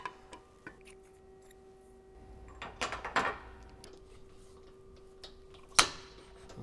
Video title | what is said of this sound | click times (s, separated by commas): How To Mount Stone CNC Tools - Stone CNC Training Part 1 | bring that to it clicks | 5.8 s